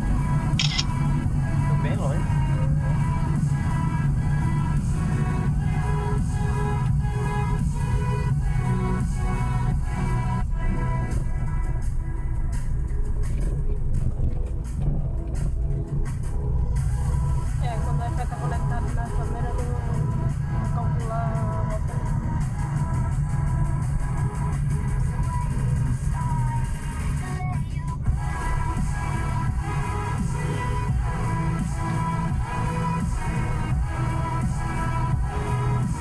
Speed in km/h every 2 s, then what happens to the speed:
53, 49, 36, 27, 19, 11, 8, 12, 20, 25, 26, 26, 25, 22, 21, 19, 19, 21.
0-11 brakes to 8. 11-19 speeds up to 26. 19-30 slows to 19. 30-36 steady at about 19.